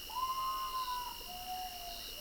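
Common potoo giving a mournful whistled call, a sustained note that slides down to a lower, steady second note, over a constant high insect-like drone.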